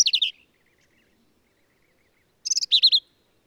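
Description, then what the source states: Black-capped vireo giving two quick, emphatic phrases of slurred whistled and buzzy notes with a pause of about two seconds between them. Male; endangered species; varies phrases, truncating, embellishing or running several together; lively, emphatic performance; Kerr Wildlife Management Area, Hunt, Texas hill country.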